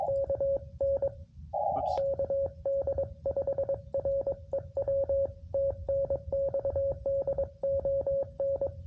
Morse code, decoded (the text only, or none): KN KD5REW TNX DON